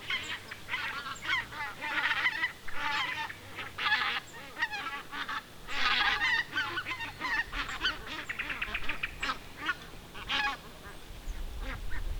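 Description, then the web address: Greater white-fronted goose: white-fronted geese calling in a flock: high, squeaky yelping notes in quick clusters, many birds overlapping throughout, with a faint low background rumble. Recorded 4 October 2020. "fagelljud 20201004 blasgas"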